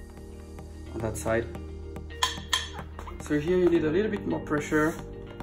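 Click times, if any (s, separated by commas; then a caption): none. A 4.80x8 tire is being inflated with a pump on an aluminum rim, working the second bead toward its seat over the rim hump. Someone talks over a steady low hum, with two sharp knocks near 2.2 and 2.5 seconds and fainter ticks around them. Nothing has seated or popped into place yet.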